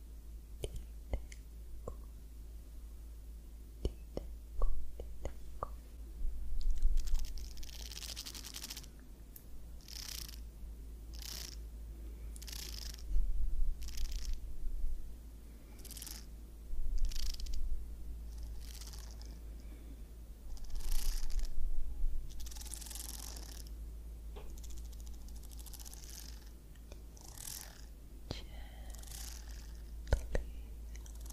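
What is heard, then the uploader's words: A scalp massage with soft, bright scratching and rubbing strokes coming in short bursts about once a second, busiest from around 7 to 24 seconds. Scattered small taps and clicks punctuate the start and end, over a steady low hum throughout. ASMR Scalp Massage of Your Dreams.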